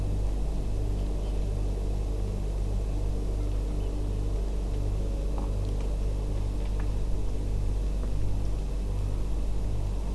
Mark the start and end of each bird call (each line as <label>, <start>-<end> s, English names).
Eurasian Oystercatcher, 1.23-1.31 s
Eurasian Oystercatcher, 3.80-3.88 s